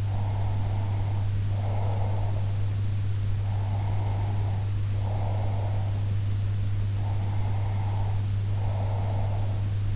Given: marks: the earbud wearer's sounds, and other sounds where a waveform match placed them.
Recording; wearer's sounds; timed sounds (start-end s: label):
sounds in sleep by an in-ear microphone; breath
0.00-2.49 s: breath
3.34-5.97 s: breath
6.94-9.63 s: breath